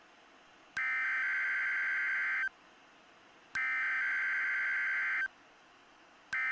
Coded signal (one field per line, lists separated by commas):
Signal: Emergency Alert System (SAME) tones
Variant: header bursts